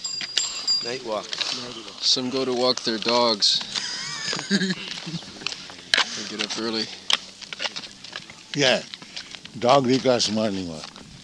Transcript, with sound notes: Night walk. Some go to walk their dogs.
[Laugh]
(1) So they get up early.
Yes, dog requires morning walk.